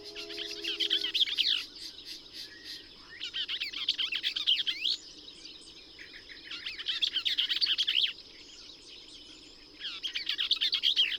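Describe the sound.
Bell's vireo song: rapid, scratchy, chattering phrases about 1.5 seconds long, repeated every three to four seconds.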